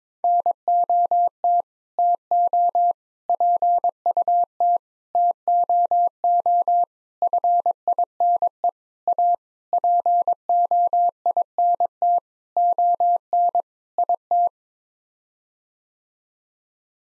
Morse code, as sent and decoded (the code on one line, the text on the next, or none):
-. --- - / - --- / .--. ..- - / - --- --- / ..-. .. -. . / .- / .--. --- .. -. - / --- -. / .. -
NOT TO PUT TOO FINE A POINT ON IT